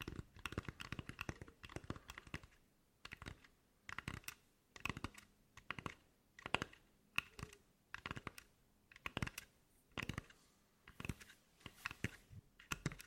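ASMR tapping made of quick, crisp clicks and taps that come in bursts, much like typing on a keyboard. The taps cluster in short runs with brief pauses between, some louder and sharper than others. Faint low hum underneath.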